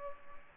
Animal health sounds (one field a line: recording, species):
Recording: mosquito wingbeat signal from an infrared sensor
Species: Aedes aegypti